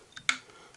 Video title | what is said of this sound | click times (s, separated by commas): Bestlight 160 LED Video Light - Fantastic performance at a great price | it back where it's supposed to go actually you kind of heard it click click into spot there now | 0.3 s